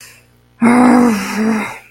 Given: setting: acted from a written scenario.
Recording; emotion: vocal sound without words; anger